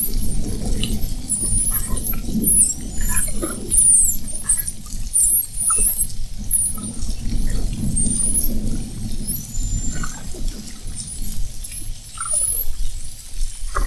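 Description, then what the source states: Spinner dolphin whistles, many overlapping high swooping and wavering tones in dense bursts, over low rumbling water noise and scattered clicks. Whistles, recorded at Fernando de Noronha.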